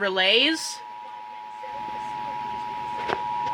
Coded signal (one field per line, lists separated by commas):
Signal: Emergency Alert System (SAME) tones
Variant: 853 and 960 Hz attention tone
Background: speech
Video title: TV EAS: Required Monthly Test (EAS #128)